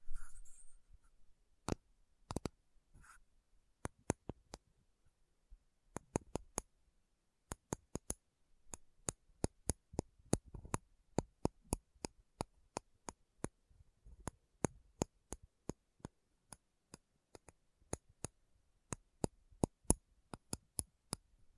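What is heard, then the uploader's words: Sharp metallic taps click out at an uneven, unhurried pace, sometimes in quick pairs, with faint low rumble. ASMR Sleepy Slow Tapping Metal Sounds (No Talking).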